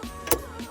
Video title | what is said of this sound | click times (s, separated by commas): replacing Interior lights to LEDS on my 2009 Honda Ridgeline | like this snaps right in | 0.3 s